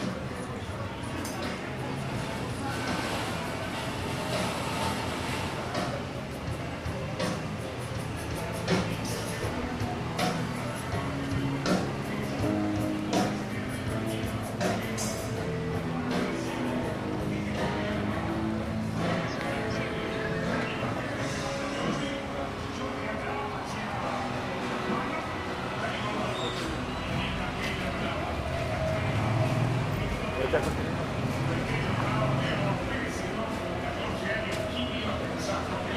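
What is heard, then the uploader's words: A walk down 5th Avenue in Playa Del Carmen, filled with a steady, dense wash of overlapping voices and street bustle. Frequent short clatters and knocks punctuate the crowd noise, with a low vehicle rumble underneath that swells briefly near the thirty-second mark. In this episode we are taking a stroll down the busy 5th avenue in Playa Del Carmen, Mexico. Walking Down 5th Avenue In Playa Del Carmen.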